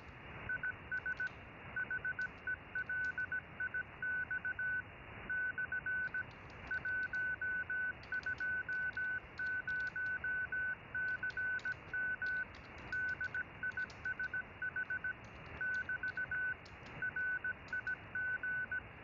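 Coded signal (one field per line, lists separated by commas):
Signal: Morse code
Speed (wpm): 17 wpm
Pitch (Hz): 1500 Hz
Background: none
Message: IS HELIX / 120CM DISH <BT> RIG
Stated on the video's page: CW generated in FLDIGI software and transmitted with SDR Console and a Pluto SDR.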